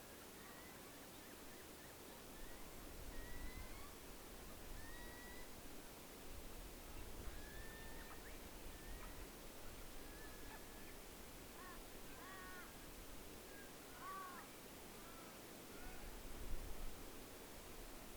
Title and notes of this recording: Menindee Lakes. Recorded overnight in late 2020, featuring many bats, insects, a few nightjar, and some Wood Ducks.